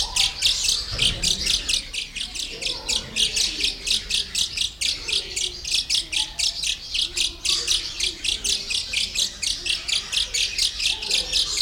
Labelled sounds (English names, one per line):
Grosbeak Starling